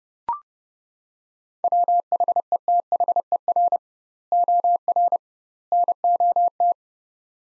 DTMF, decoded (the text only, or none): none